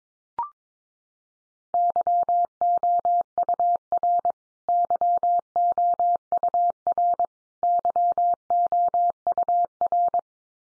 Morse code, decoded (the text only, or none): YOUR YOUR YOUR